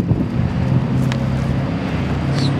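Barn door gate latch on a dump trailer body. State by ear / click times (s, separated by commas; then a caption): seated / 1.1 s. A steel barn-door gate on a 7x14 PJ Trailers roll-off dump trailer is swung and latched, with a single sharp metallic hit at 1.1 s as the latch locks into place. A steady low rumble continues underneath throughout.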